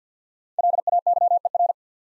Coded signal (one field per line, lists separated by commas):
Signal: Morse code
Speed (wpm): 48 wpm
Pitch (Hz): 700 Hz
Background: none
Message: LAYER